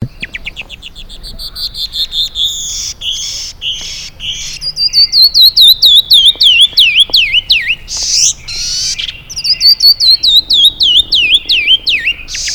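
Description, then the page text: Canyon wren singing: repeated series of loud, clear downslurred whistles, each series dropping gradually in pitch. "Canyon Wren - Catherpes mexicanus - Birds of the World"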